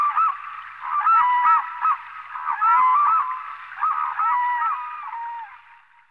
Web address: anthropoides virgo